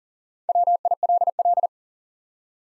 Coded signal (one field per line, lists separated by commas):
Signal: Morse code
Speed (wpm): 42 wpm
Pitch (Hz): 700 Hz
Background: none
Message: WILL